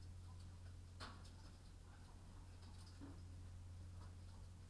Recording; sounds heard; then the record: poultry house recording; sick chickens (respiratory disease)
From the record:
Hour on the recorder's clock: 22